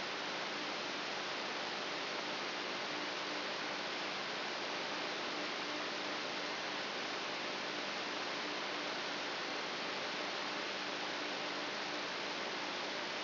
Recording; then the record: brain microelectrode recording played as sound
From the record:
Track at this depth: inside the subthalamic nucleus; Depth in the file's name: 7.543 mm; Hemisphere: left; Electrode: 3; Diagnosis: Parkinson's disease